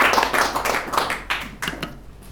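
An audience applauds, a dense crackle of many hands clapping at once that stays steady for about two seconds before thinning and fading out.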